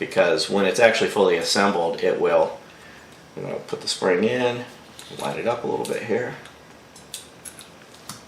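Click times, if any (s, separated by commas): 7.1 s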